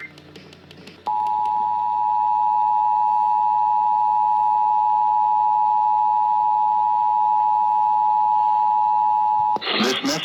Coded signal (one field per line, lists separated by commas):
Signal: Emergency Alert System (SAME) tones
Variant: 853 and 960 Hz attention tone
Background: speech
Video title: TORNADO DRILLS... EAS Alerts from 3/5/19 - 3/27/19 (EAS #2,084 - 2,111)